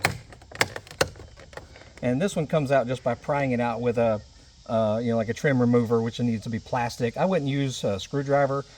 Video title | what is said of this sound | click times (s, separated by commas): How to remove install replace door panel Toyota Corolla Matrix 2009 2010 2011 2012 2013 | so you'll hear it click | 0.0 s, 0.6 s, 1.0 s